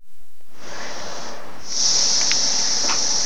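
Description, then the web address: Cicadas producing a steady, high, hissing buzz that starts after a moment, then swells louder and stays continuous, over a broad rushing background noise. June 2004. "fleur cicadas"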